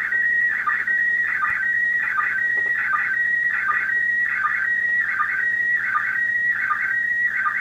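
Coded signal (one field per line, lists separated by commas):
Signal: SSTV (slow-scan television)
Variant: PD 180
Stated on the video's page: SSTV received from the ISS with an FT-991 and X-510N antenna.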